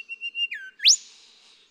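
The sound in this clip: Golden whistler song ending: a few steady whistled notes, then a short falling slur and a loud sharp upswept whip-crack note.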